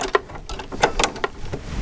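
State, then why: Seated. A snap-on metal presser foot is docked under the shank of a serger, and the presser foot lever is lowered onto the presser foot holder. Several short mechanical clicks and taps are heard, and the foot clicks into place at 1.0 s. The foot is seated on the holder.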